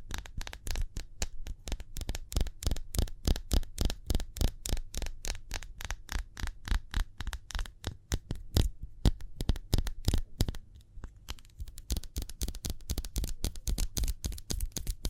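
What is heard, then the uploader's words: Speedy hand sounds: a rapid string of sharp slaps or claps, about four or five each second, each a crisp bright crack with a dull thud beneath. The rhythm stays quick and fairly even, with a brief thinning around eleven seconds before it picks up again. ASMR Speedy Hand Sounds (No Talking).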